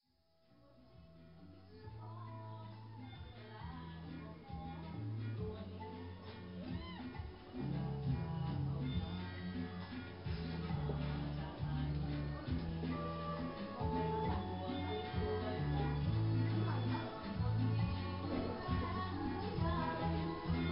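Recorded music plays in a small outdoor restaurant, fading in over the first two seconds and then holding steady. A heavy, repeating bass line sits under busy melodic lines, with a faint murmur of voices mixed in and a dull, muffled top end.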